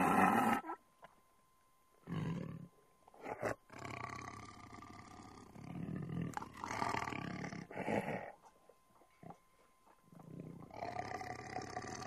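Tiger growling in several deep, rasping bursts of a second or two each, separated by short silent gaps, with a longer rumbling growl in the middle.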